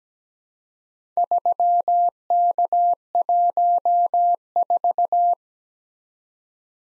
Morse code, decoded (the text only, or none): 3K14